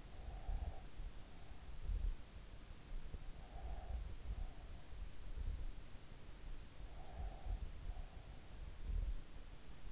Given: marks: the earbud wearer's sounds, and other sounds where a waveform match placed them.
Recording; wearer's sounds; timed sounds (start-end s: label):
sounds in sleep by an in-ear microphone; breath
0.00-1.78 s: breath
3.17-5.47 s: breath
7.00-8.55 s: breath